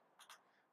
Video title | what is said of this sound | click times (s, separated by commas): Outwell Belleville 5SA & 7SA Tent Review 2019 | you get little little click and that what ass basically go do is sort | 0.3 s